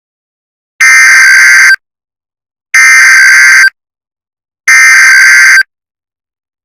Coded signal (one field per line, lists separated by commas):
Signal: Emergency Alert System (SAME) tones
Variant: header bursts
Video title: The Los Angeles Storm EAS scenario